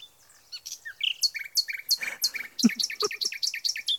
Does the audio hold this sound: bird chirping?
yes